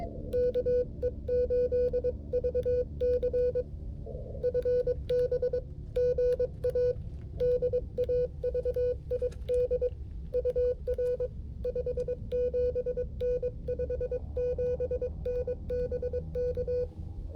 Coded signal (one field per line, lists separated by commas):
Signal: Morse code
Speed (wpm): 22 wpm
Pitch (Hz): 500 Hz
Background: music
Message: KE8VC FB GA DAVID UR 57N 57N BK